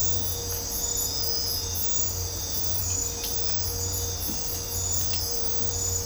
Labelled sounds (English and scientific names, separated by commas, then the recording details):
none
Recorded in dense forest near Puerto Asís, Putumayo, Colombia, on 26 December 2024 at 05:00
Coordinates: 0.503, -76.323
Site G043